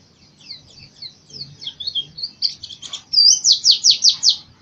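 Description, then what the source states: White-eye song: thin high twittering phrases, then a loud run of about six rapid descending buzzy notes near the end. East Java; singing style described as 'macok'.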